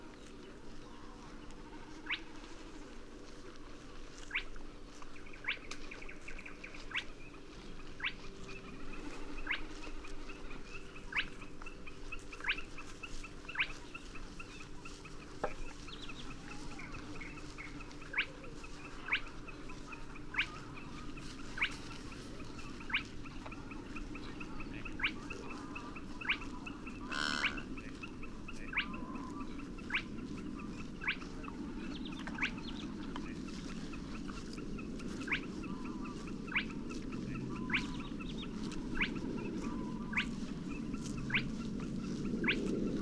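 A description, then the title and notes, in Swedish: Reed warblers chatter in a dense, steady mat of scratchy notes, while a spotted crake repeats its short, monotonous whistle at regular intervals, roughly every second. A low rumble beneath swells toward the end, and one brief bright sweep stands out near 27 seconds. Dalbyvikens ljudlandskap i maj. Längre fram på kvällen hör du vassångarens smattrande ljudmatta och den småfläckiga sumphönans monotona vissling. Ljuden är inspelade med Telingas SSM-mikrofon och en Olympus LS-14 samt PRO-8 MK2 parabolmikrofon och en Zoom H4.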